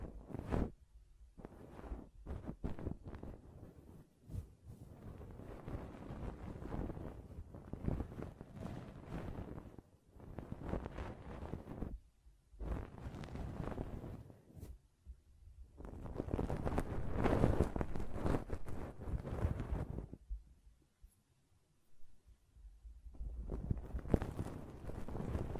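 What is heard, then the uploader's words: Ear cleaning and blowing: dense, rumbling rustles and gusty blowing come in long bursts, broken by short silent gaps around 10, 15 and 21 seconds. ASMR Ear Cleaning and Blowing (No Talking).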